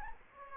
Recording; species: mosquito wingbeat signal from an infrared sensor; Anopheles gambiae